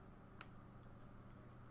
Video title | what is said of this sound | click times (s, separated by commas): HTC RE Camera Exploration | get in in there until it clicks and | 0.4 s